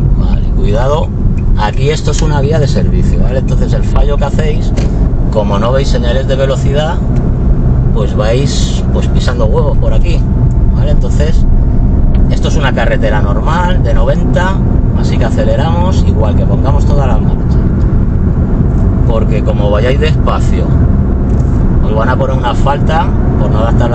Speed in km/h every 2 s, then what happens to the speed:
40, 38, 39, 48, 50, 52, 55, 60, 68, 71, 72, 76.
4-24 speeds up to 76.